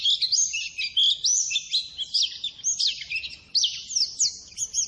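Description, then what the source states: White-eye song: rapid, high twittering chirps and quick rising and falling notes, delivered in a continuous chattering stream with no other clear sounds. Masteran training song for cage birds; a gacor (constantly singing) pleci described as ngalas.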